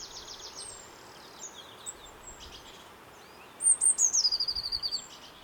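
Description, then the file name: Eurasian blue tit: soft high twitters first, then a loud thin falling note followed by a fast stuttering run of many short notes, against background noise. "Cyanistes caeruleus"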